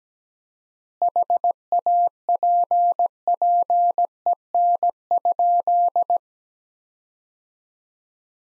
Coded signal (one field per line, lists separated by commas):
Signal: Morse code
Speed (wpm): 17 wpm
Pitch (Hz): 700 Hz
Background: none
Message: HAPPEN?